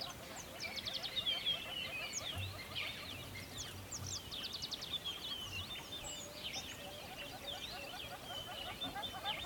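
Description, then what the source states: Birds in a busy chorus: rapid buzzy trills and sharp chirps tumbling over one another, with a continuous rushing noise underneath. Recorded near a river.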